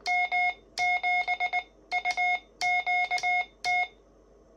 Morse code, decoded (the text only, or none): M7UQT